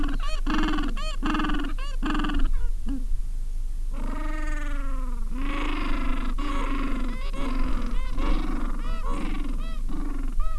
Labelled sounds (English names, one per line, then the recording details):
Gentoo Penguin
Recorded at the colony at Ocean Harbour, on 7 January 2016
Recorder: Song Meter SM2+